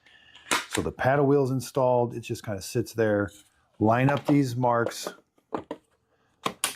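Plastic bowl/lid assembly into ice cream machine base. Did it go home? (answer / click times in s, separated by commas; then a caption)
yes / 6.6 s. Someone talks while lining up the alignment marks on the plastic bowl and lid assembly of a countertop ice cream machine, with the paddle wheel already installed, and rotates it on the machine base. A few small plastic hits follow around 5.5 to 6.5 seconds. A sharp, loud click at 6.6 seconds marks the part seating into place.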